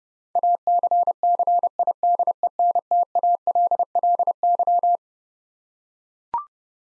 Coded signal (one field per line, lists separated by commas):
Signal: Morse code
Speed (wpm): 30 wpm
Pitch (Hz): 700 Hz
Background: none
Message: ACCIDENTALLY